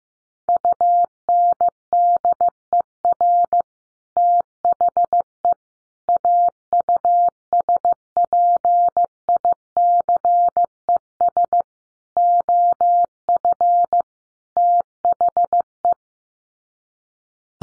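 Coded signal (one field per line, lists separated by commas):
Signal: Morse code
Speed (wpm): 15 wpm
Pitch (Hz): 700 Hz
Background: none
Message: UNDER THE AUSPICES OF THE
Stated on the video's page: Morse code head-copy practice at 15 wpm: sets of common five-word groups, each sent in Morse, then spoken, then sent again.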